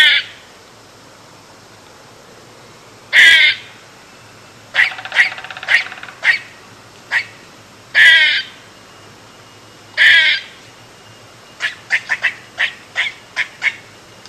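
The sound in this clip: Eastern gray squirrel barking calls: harsh, rasping bursts at irregular intervals, then a quick run of short chucking notes near the end.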